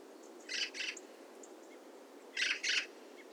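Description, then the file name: Eurasian magpie calls, two pairs of harsh rasping chatters, the second pair louder, over steady background hiss. "Pica pica"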